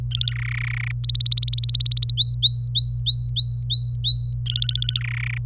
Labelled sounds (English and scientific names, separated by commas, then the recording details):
Domestic Canary (Serinus canaria) song
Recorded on 26 April 2018 at 10:55
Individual llb3